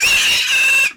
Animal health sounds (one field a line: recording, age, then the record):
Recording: pig call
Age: piglet (1 to 25 days)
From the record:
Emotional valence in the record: negative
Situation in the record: castration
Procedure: castration, shear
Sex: male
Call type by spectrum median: high-frequency call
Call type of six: high-frequency modulated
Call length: 0.96 s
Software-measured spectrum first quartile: 2607 Hz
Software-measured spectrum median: 3072 Hz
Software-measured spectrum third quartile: 5533 Hz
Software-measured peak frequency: 2677 Hz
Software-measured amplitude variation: 72 dB a second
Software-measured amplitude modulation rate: 23.4 a second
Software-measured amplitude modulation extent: 3.1 dB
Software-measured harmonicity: 6.9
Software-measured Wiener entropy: -2.56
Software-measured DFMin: 712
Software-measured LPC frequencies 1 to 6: 1658, 2657, 3844, 4646, 5509, 6288 Hz